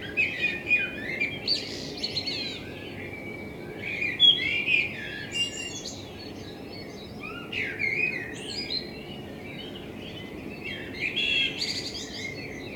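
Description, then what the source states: Common blackbird singing repeated flute-like phrases, each trailing into high chattering twitter, several phrases spaced a few seconds apart, over steady background noise. Blackbird in front of the recordist's window; captured binaurally with a self-built dummy head, for headphone listening.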